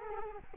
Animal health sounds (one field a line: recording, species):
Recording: mosquito wingbeat signal from an infrared sensor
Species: Culex quinquefasciatus